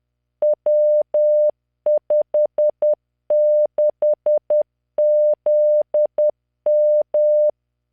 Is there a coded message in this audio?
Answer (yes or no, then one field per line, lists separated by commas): yes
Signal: Morse code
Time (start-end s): 0.4-7.5 s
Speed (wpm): 10 wpm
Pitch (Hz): 600 Hz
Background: none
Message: W56ZM